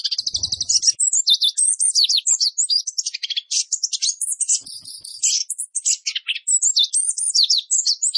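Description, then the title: Orange-headed thrush in continuous song, a rapid, high-pitched medley of trills, slurred whistles and chatters over eight seconds, with a faint low thud early on. Actively singing bird with 'Roll Speed' song material, used for training cage birds. "Anis Kembang Gacor. Masteran Anis Kembang materi Roll Speed"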